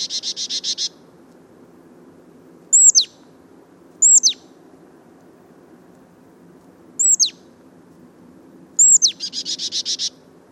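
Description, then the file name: Marsh Tit calling: a burst of nasal buzzy notes, then four sharp downslurred high 'pitchoo' notes spaced by pauses, the last one running into another buzzy series; low steady hum beneath. "Poecile palustris"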